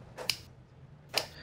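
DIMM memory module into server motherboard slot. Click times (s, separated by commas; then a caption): 0.3 s, 1.2 s. A DDR3 DIMM memory module is pushed fully into the white A1 slot of a Dell PowerEdge R620 server motherboard. Two sharp clicks are heard at 0.3 s and 1.2 s as the retention tabs move in. The module is fully seated.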